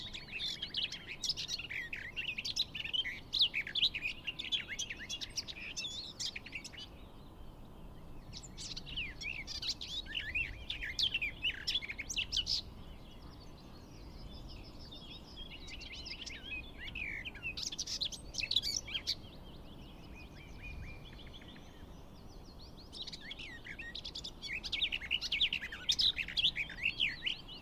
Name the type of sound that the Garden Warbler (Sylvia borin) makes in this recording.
song